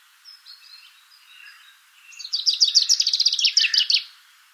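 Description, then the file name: Common chaffinch song: a brisk descending series of sweet chirps speeding into a rattling trill with a final flourish, after soft faint calls. "Fringilla coelebs"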